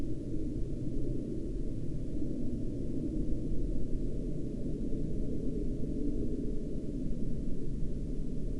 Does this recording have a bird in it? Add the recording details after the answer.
no. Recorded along the Dalton Highway, Alaska, on 20 March 2019 at 00:11. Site 07